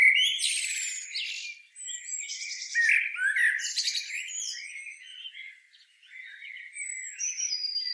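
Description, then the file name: Eurasian blackbird sings rapid scratchy twitters and mellow warbled notes in bursts, quieter toward the end with high thin whistles. "Turdus merula"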